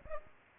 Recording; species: mosquito wingbeat signal from an infrared sensor; Aedes aegypti